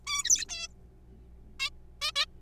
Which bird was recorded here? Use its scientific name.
Taeniopygia guttata